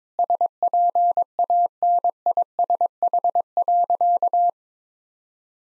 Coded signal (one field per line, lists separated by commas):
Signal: Morse code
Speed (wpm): 22 wpm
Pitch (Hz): 700 Hz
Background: none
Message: SPANISH.